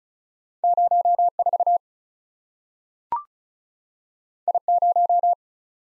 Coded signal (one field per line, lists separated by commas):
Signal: Morse code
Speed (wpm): 36 wpm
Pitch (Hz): 700 Hz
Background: none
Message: 0 4 I 0